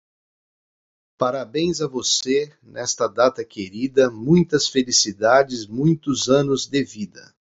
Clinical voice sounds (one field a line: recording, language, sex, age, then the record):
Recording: short text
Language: Brazilian Portuguese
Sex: male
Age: 60 to 69 years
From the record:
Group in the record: control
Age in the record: 61 years